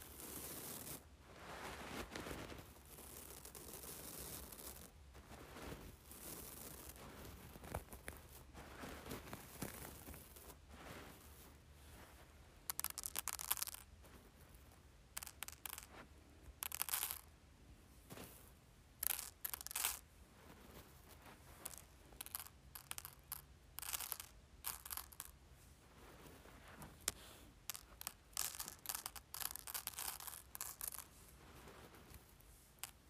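Rice being played with: grainy rustling and pouring bursts, busiest early on, then sharp irregular handfuls of crackling and scattering through the rest.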